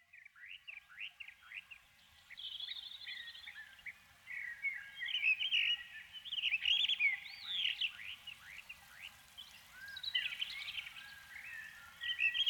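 Canary singing quick, high sweeping notes and twittering trills in varied bursts, with light background noise.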